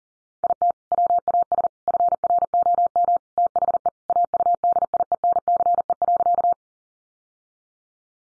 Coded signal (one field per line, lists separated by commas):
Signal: Morse code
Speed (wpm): 40 wpm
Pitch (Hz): 700 Hz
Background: none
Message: IT WAS FROM THE AUDIENCE.